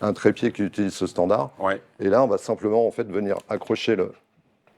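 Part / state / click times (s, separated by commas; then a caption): camera mounting plate into backpack strap clip / not seated / none. An Arca-Swiss standard camera plate is being handled as it is brought to a clip mounted on a backpack strap, while someone talks almost continuously. Nothing has seated or clicked yet; only a very faint brief sound appears near 4.7 s after the talking stops.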